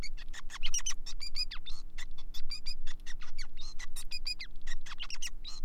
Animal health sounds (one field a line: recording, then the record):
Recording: song of a male Bengalese finch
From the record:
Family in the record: son of father 5